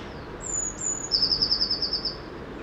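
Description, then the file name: Eurasian blue tit song phrase: two high, sibilant introductory notes, then a rapid, steady trill of repeated notes, with low ambient hiss beneath. "Cyanistes caeruleus"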